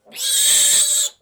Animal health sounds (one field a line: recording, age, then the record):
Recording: pig call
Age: piglet (1 to 25 days)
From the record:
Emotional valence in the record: negative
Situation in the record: restrain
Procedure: back test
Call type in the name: high-frequency call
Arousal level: maximum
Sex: male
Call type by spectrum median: high-frequency call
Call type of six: high-frequency stable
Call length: 1.22 s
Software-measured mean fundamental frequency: 199 Hz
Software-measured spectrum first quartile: 4287 Hz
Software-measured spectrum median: 7183 Hz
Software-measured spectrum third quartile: 8400 Hz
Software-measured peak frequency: 8097 Hz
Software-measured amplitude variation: 113 dB a second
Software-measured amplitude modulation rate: 19.3 a second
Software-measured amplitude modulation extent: 5.9 dB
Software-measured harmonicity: 4.1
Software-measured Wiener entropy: -2.41